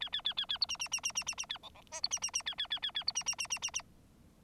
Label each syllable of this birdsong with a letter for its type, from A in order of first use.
A A A A A B C C C C C C C A D D E B C C C A A A A A B C C C C C C